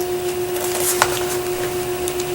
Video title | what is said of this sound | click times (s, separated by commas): New Macbook pro with touchbar unbox and review (2018) | the power goes into as you can see the wire will get pulled back to us and snaps right into place so that green light | 1.0 s